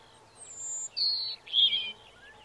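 Robin singing thin, high whistled notes, one held note and then two short phrases that fall slightly in pitch, over a faint steady background hiss.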